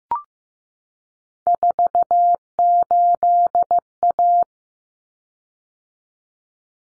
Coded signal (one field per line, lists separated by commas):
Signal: Morse code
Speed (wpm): 15 wpm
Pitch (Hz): 700 Hz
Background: none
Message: 48A